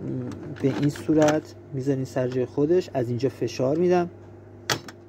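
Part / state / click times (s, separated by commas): brew unit into espresso machine / seated / 4.7 s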